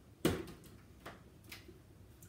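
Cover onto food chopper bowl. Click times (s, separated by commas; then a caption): 0.2 s. A plastic cover is put onto the bowl of a pull-cord food chopper and locked on, with a sharp click at 0.3 s. Fainter ticks follow at about 1.1, 1.5 and 2.2 s. The cover is seated and locked into place.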